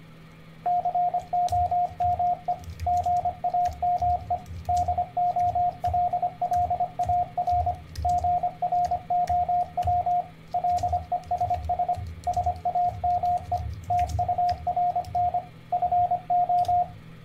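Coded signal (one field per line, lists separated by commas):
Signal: Morse code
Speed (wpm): 25 wpm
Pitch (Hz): 710 Hz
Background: radio noise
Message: COME GAME DOLLAR GROW LESS SAME TURN FO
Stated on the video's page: Random-word copying practice for learning Morse code.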